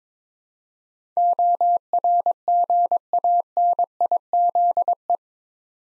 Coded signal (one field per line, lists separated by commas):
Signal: Morse code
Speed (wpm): 22 wpm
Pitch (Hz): 700 Hz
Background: none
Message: ORGANIZE